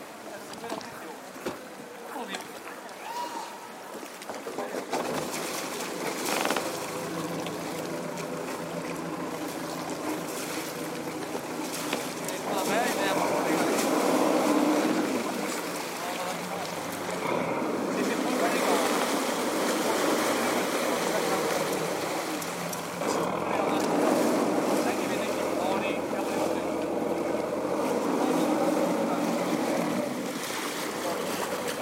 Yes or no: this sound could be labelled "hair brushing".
no